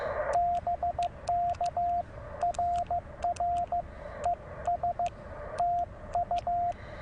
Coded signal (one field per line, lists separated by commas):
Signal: Morse code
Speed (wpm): 13 wpm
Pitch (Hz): 690 Hz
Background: radio noise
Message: BK RR ES TU